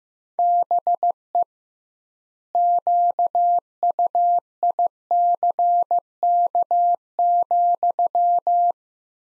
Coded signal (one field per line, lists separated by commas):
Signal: Morse code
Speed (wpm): 15 wpm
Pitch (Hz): 700 Hz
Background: none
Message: BE QUICK,